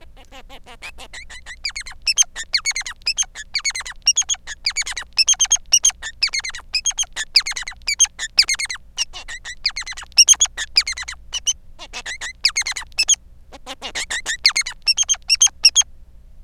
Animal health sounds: song of a male Bengalese finch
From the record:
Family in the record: son of father 3

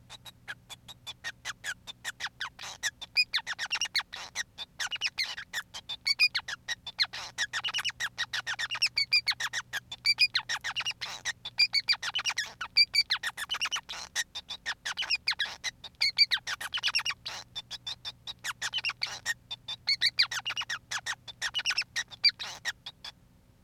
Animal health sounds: song of a male Bengalese finch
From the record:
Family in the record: son of father 5

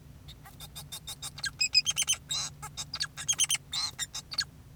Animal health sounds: song of a male Bengalese finch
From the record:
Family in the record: son of father 2, and himself father 4

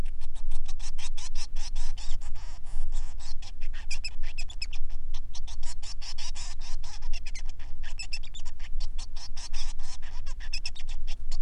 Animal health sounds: song of a male Bengalese finch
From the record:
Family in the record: son of father 3

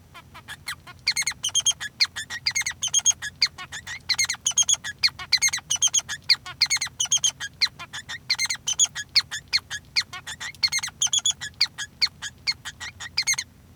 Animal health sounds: song of a male Bengalese finch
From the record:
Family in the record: son of father 3

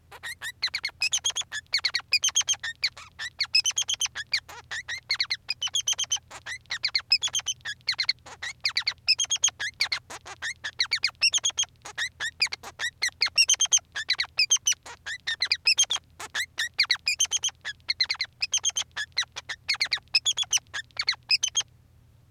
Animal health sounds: song of a male Bengalese finch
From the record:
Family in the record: son of father 3

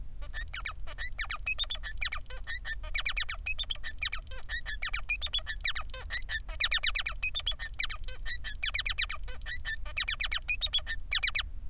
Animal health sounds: song of a male Bengalese finch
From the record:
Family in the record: son of father 3

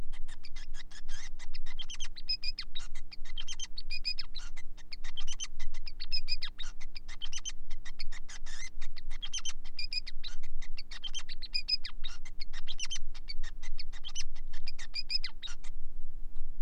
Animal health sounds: song of a male Bengalese finch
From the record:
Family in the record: son of father 5

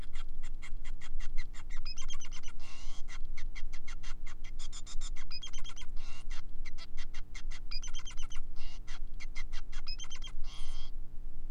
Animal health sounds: song of a male Bengalese finch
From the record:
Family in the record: son of father 5

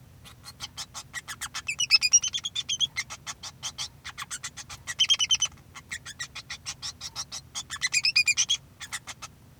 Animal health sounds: song of a male Bengalese finch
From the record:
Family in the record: son of father 2

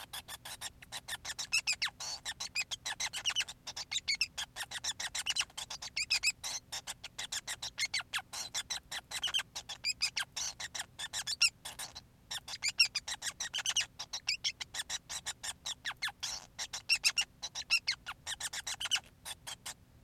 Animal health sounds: song of a male Bengalese finch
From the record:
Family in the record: son of father 5

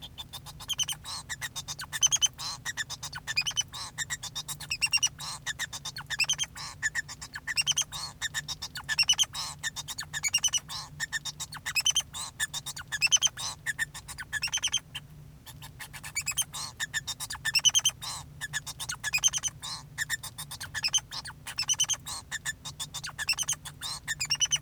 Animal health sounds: song of a male Bengalese finch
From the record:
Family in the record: son of father 2

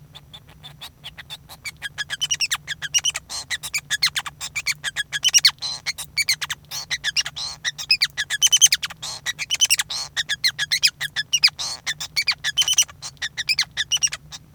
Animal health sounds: song of a male Bengalese finch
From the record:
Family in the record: son of father 5

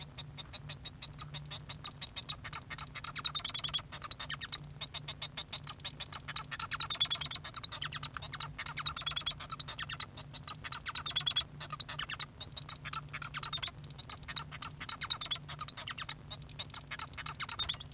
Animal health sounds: song of a male Bengalese finch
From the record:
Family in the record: son of father 1

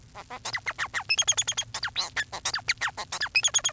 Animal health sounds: song of a male Bengalese finch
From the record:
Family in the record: son of father 4

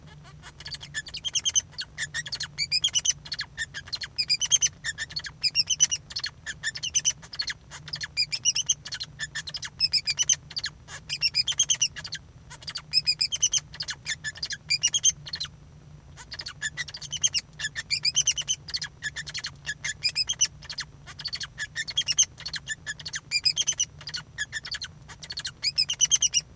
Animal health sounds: song of a male Bengalese finch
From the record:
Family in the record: son of father 2

